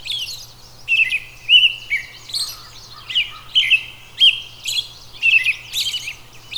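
Robin song: short chirpy, warbling phrases repeated roughly every half second to second, each with a bright squeaky note, over a faint steady low hum.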